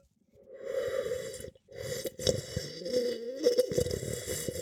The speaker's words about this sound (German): Der ist offenbar im Barrique ausgebaut. Ja, Barricas steht auch drauf. Mm, aber schon auch fruchtige Noten im Geruch. So, jetzt trinke ich nicht erschrecken, schlürf wieder.